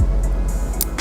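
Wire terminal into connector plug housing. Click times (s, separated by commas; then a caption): 0.8 s. A camera harness wire with its terminal is slid into a numbered position of a plastic plug housing while installing an OEM BMW rear view camera in a BMW M4 GTS. Over a steady low rumble, one sharp click sounds at 0.8 s as the terminal locks into the connector housing.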